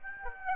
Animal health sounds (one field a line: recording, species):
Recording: mosquito wingbeat signal from an infrared sensor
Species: Aedes aegypti